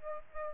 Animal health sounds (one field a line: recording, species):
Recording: mosquito wingbeat signal from an infrared sensor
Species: Aedes aegypti